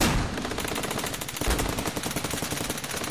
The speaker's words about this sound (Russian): Грохот выстрелов, слившийся в один непрерывный оглушительный вой, ударил по ушам.